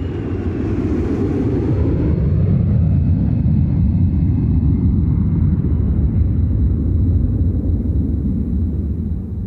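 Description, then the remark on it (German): A loud, steady jet roar with heavy low rumble fills the whole stretch, a descending whine sweeping down early on and a thin high tone persisting, as an airliner touches down and rolls out on a runway in Switzerland. “Als das Flugzeug auf der Schweizer Piste aufsetzt”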